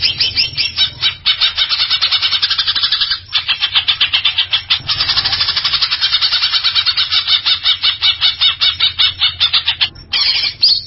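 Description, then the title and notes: Greater green leafbird pouring out a dense, rasping chatter of rapid buzzy notes, almost continuous, with short breaks, a low hum in the background. Champion-grade songbird; Indonesian name cucak ijo; chirping song. "Kicau Burung Cucak Ijo Juara. Suara kicauan burung cucak ijo"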